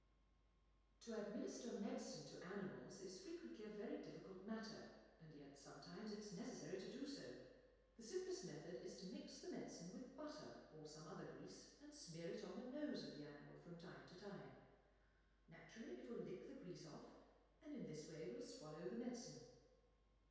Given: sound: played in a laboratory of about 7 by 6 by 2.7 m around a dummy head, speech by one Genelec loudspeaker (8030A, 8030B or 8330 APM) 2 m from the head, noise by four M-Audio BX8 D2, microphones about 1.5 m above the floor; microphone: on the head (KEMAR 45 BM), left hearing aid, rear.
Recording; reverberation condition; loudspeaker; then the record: female speech in English; high; 120 degrees to the right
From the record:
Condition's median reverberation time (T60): about 1300 ms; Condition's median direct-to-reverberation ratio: about -4.0 dB